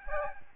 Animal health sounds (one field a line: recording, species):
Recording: mosquito wingbeat signal from an infrared sensor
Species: Aedes albopictus